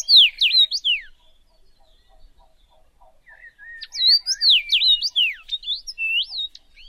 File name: commonrosefinch